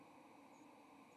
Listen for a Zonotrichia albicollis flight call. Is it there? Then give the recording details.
yes. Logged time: 07:48 on 30 October 2014